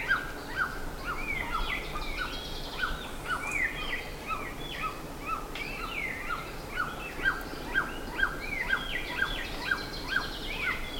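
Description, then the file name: Several birds calling together: dense overlapping chirps and short whistles at varied pitches, with quick repeated notes running through the whole stretch. "SABIOD 50 bird 2015"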